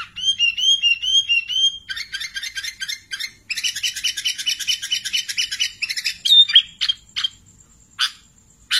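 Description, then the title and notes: Sooty-headed bulbul song: a run of repeated bubbly, upslurred notes, then a dense busy chatter of clicks and short chirps, ending in scattered sharp notes. "Kicau Burung Kutilang"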